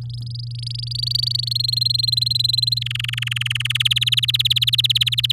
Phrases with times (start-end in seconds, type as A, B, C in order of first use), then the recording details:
0.01-1.53 A, 1.55-2.79 B, 2.81-3.83 C, 3.85-5.32 D. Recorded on 9 May 2018 at 11:31. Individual llb16